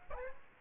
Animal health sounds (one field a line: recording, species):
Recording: mosquito wingbeat signal from an infrared sensor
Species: Aedes aegypti